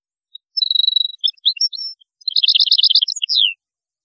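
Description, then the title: European goldfinch song: a buzzy twittering run with a drawn-out nasal trill near the start, then rapid repeated tinkling notes ending in a falling slur. "Chant Chardonneret"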